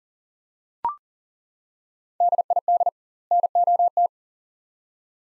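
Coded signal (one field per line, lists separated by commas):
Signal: Morse code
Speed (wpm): 40 wpm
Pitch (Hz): 700 Hz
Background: none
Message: DID NOT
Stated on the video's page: Morse practice at 40 wpm, two-word sets with 2x word spacing, Farnsworth-like method using words; each set is sent, then spoken.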